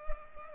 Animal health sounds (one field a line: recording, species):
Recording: mosquito wingbeat signal from an infrared sensor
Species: Culex pipiens